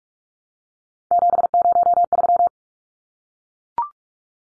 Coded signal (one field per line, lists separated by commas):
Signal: Morse code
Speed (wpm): 44 wpm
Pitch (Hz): 700 Hz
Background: none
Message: 703